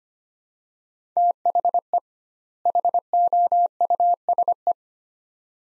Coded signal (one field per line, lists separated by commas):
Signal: Morse code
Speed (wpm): 25 wpm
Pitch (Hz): 700 Hz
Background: none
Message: THE HOUSE